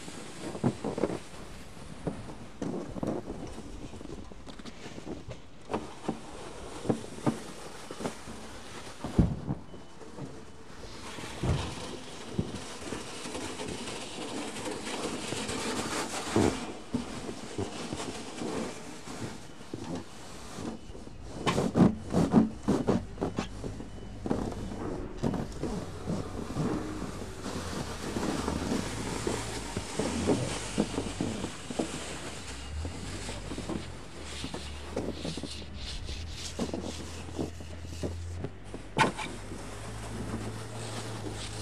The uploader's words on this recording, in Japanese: 湯治場ラジオ 雪下ろしASMR。村井六助さんでの雪下ろしの音を配信します。会話はありません。